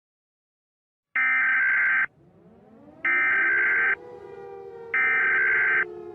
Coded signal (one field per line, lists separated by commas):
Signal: Emergency Alert System (SAME) tones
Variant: header bursts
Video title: Among The Walking Dead - EAS Zombie Scenario